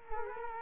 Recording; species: mosquito wingbeat signal from an infrared sensor; Culex quinquefasciatus